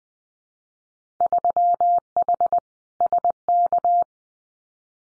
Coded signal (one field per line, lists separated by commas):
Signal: Morse code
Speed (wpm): 20 wpm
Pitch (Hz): 700 Hz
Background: none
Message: 3H SK